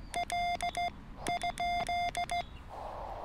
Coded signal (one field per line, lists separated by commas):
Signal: Morse code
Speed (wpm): 16 wpm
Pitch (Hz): 700 Hz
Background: none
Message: L ?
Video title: Emtech ZM-2 ATU for POTA activations